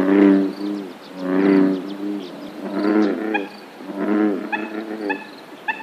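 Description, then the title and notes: American bullfrog croaking: several deep, resonant harmonic calls, each swelling and fading, with faint higher chirps behind. "Paisatges sonors amb Albert Murillo. Avui el so d'una granota toro"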